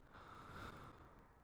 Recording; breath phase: one breath near a microphone; exhalation